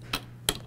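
With the retention lever released and the metal load plate lifted on a Z87 motherboard CPU socket, a thumb pushes on the back of the plastic protective socket cover. A softer tick at 0.1 s comes first, then a sharp snap at 0.5 s as the cover pops off the load plate.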